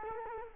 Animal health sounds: mosquito wingbeat signal from an infrared sensor; Culex quinquefasciatus

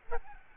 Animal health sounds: mosquito wingbeat signal from an infrared sensor; Aedes albopictus

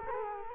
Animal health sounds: mosquito wingbeat signal from an infrared sensor; Culex quinquefasciatus

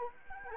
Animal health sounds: mosquito wingbeat signal from an infrared sensor; Anopheles gambiae

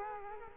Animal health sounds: mosquito wingbeat signal from an infrared sensor; Culex quinquefasciatus

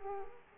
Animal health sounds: mosquito wingbeat signal from an infrared sensor; Culex quinquefasciatus

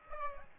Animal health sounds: mosquito wingbeat signal from an infrared sensor; Aedes aegypti

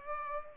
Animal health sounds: mosquito wingbeat signal from an infrared sensor; Culex pipiens

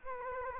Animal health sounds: mosquito wingbeat signal from an infrared sensor; Culex quinquefasciatus

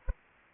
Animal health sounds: mosquito wingbeat signal from an infrared sensor; Anopheles arabiensis

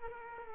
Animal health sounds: mosquito wingbeat signal from an infrared sensor; Culex quinquefasciatus

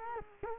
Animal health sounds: mosquito wingbeat signal from an infrared sensor; Culex quinquefasciatus

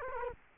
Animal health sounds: mosquito wingbeat signal from an infrared sensor; Culex quinquefasciatus

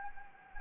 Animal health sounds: mosquito wingbeat signal from an infrared sensor; Anopheles gambiae

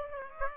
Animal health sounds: mosquito wingbeat signal from an infrared sensor; Aedes aegypti

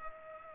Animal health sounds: mosquito wingbeat signal from an infrared sensor; Culex pipiens

